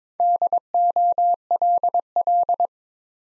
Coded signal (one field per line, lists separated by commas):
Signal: Morse code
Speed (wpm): 22 wpm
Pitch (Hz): 700 Hz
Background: none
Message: DOLL